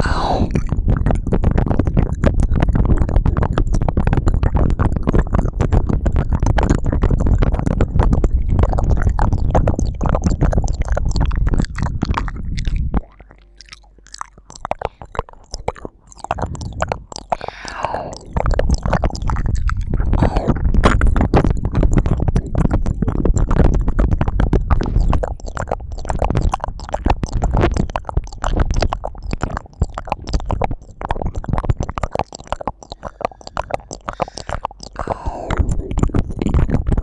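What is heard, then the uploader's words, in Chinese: Intense two-person mouth sounds: dense wet smacking and clicking, continuous and loud, easing into a quieter, sparser patch around thirteen to eighteen seconds. 双人口腔音。双人效果口腔音（略暴力）。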